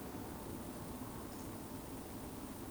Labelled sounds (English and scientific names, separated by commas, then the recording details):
Eurasian Woodcock (Scolopax rusticola) whistle
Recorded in Baden-Württemberg, Germany, on 23 June 2020 at 20:35 UTC
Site 14569, 102 m above sea level